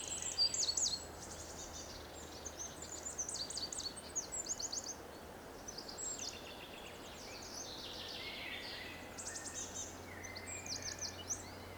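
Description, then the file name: Eurasian wren giving high, rapid trills and chirps, loudest in the opening second, then fainter scattered phrases over a steady low hum. "Troglodytes troglodytes"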